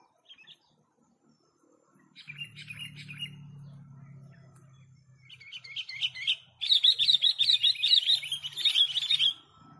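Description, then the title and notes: Sooty-headed bulbul chattering song: after a quieter start with a low hum and a few chirps, a fast run of bright, sharp chirps repeats rapidly for about three seconds. Song for training songbirds to copy (masteran). "suara burung kutilang buat masteran"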